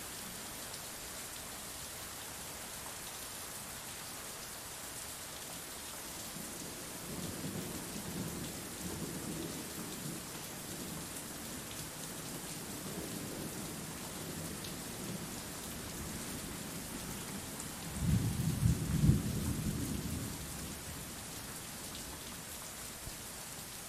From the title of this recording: Soothing Rain Sounds